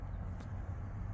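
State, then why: Not seated. While swapping the instrument cluster on an 88-91 Chevy pickup, a small plastic cap with white plastic clips is handled and pushed toward the cluster housing so its locking nub and tabs can snap in. A steady low rumble fills the clip, with a brief faint broadband rise around 0.4 s. Nothing has seated or clicked in yet.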